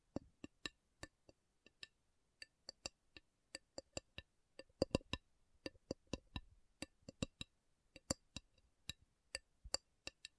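Slow tapping on metal, each strike a sharp, bright click with a quick decay and a faint ringing tone. The taps come irregularly, about two to three per second, bunching into quicker flurries around the five- and six-second marks, with near silence between them.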